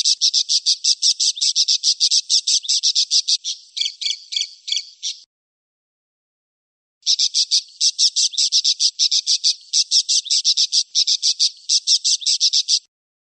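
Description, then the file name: Parakeet chatter: fast, buzzy pulses for about five seconds, silence for two, then another long burst of rapid high notes. "suara burung parkit. omkicau"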